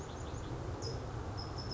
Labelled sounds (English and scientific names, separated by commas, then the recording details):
California Towhee (Melozone crissalis)
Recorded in Sonoma County, California